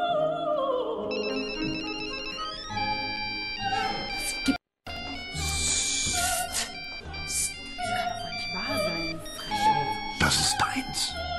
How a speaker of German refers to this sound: Mach das verdammte Handy aus. Was ist meins? Dein blödes Handy.